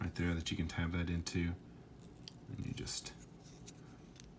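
Someone talks while handling the folded arm of a transforming robot action figure, lining up its plastic tab with a small slot on the body; a few faint ticks and rubbing sounds follow. Nothing has seated or clicked into the slot yet.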